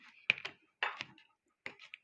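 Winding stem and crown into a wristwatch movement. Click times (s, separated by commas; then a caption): 0.3 s. The winding stem with its crown is pushed back into a Hugo Boss wristwatch movement until it locks, giving a sharp, loud click at 0.3 s. Fainter clicks and handling knocks follow around 0.5, 0.8, 1.0 and 1.7 s. The stem is seated in the movement.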